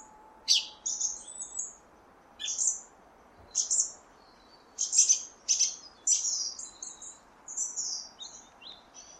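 Song thrush giving a series of separate high, sharp phrases, some clicky, some whistled, with quiet background hiss.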